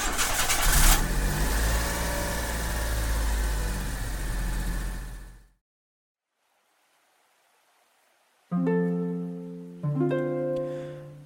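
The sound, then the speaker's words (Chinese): A car engine cranks and settles into a steady, rumbling idle for about five seconds, then cuts to silence before tuneful music with strong harmonic notes begins. “引擎吹了起”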